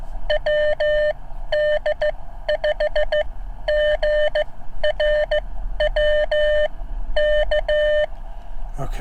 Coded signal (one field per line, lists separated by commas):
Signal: Morse code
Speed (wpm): 15 wpm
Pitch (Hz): 600 Hz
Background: speech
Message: WD5GRW K